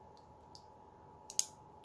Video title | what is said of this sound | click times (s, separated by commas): Spyderco Roadie | blade snaps into place with a little bit of authority | 1.4 s